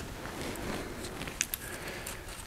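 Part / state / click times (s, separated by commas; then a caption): retaining ring into monotube shock body / seated / 1.4 s, 1.5 s. A metal retaining ring is pressed back into its groove inside a monotube shock body during a shock rebuild. Against a low background hiss, two sharp metallic snaps are heard at 1.4 s and 1.5 s. The ring is seated in the groove.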